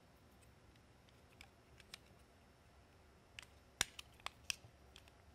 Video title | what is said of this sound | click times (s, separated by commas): Chris disassembles a Whelen 400 Series Linear Super-LED Lighthead | snapped back in place | 3.8 s, 4.5 s